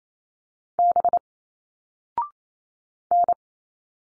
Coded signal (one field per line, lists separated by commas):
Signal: Morse code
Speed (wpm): 28 wpm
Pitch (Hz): 700 Hz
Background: none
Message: B N